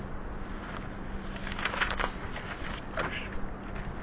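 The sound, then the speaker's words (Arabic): Paper pages rustle and shuffle in a few soft, crisp bursts, the busiest stretch in the middle and one more near the end, over a steady low hum with no talking. “الورق.”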